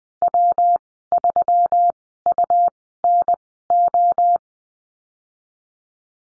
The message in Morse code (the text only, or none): W3UNO